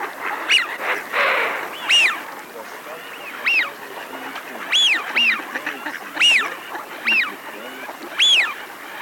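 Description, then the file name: Eurasian wigeon calling: a run of many clear, arched whistles, some paired, repeated steadily, with a brief rustling noise near the start. "Свиязь Fischione"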